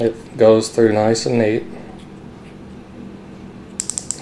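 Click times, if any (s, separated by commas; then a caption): 3.8 s, 3.9 s, 4.0 s, 4.1 s. Someone talks while a screw thread micrometer's thimble is closed on a steel screw between the multi-anvils, followed by a quiet stretch. The ratchet stop then slips, giving several sharp clicks at 3.8, 3.9, 4.0 and 4.1 seconds, confirming the ratchet stop has reached its torque.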